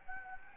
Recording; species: mosquito wingbeat signal from an infrared sensor; Anopheles gambiae